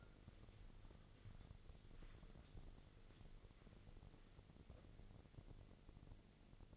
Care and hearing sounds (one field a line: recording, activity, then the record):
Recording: daily activity, microphone in the room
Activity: wipe stove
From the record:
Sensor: 4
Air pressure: 1001.3 hPa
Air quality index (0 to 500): 185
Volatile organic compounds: 3 ppm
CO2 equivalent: 1320 ppm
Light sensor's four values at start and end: 13/29/12/12 and 13/29/12/12